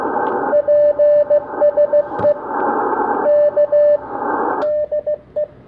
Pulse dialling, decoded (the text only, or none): none